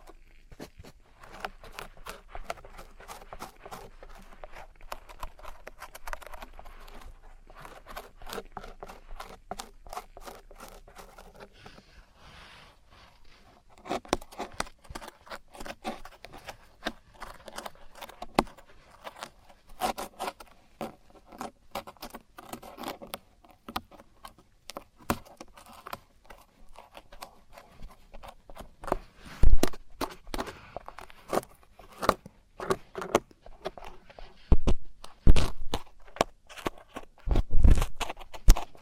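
Ear cleaning and earwax removal: dense, irregular scratching and crackling clicks throughout, quieter early, then sharper, louder bursts after about fourteen seconds.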